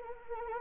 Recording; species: mosquito wingbeat signal from an infrared sensor; Anopheles arabiensis